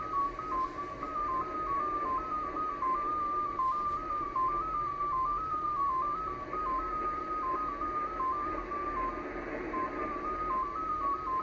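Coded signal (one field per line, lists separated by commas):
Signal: numbers station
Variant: XPA2 MFSK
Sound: a single warbling tone hopping quickly between close pitches, several steps per second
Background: radio static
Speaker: so you see where it says end tone, so the decode has stopped.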